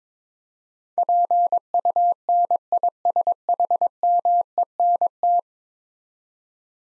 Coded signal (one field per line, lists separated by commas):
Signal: Morse code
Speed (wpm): 22 wpm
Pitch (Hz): 700 Hz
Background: none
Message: PUNISHMENT